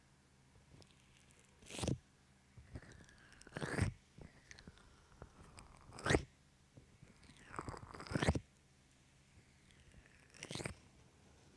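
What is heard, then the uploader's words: Wet rubbing as lotion is massaged over the ears, with loud squelching swells about every two seconds, near 2, 4, 6, 8 and 10.5 seconds. Between swells come softer crinkles and taps, over a faint low hum. ASMR Ear Lotion Ear Massage Ear Cupping.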